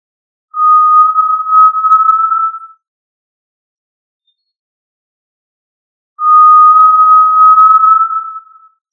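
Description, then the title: Tinamou call of two clear, sustained whistles on a steady pitch, each around two seconds, spaced several seconds apart in otherwise quiet surroundings. "Familia Tinamidae"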